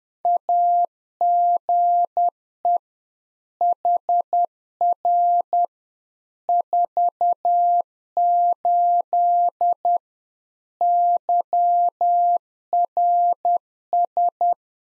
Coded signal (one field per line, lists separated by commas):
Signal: Morse code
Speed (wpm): 10 wpm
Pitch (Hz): 700 Hz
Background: none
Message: AGE HR 48 YRS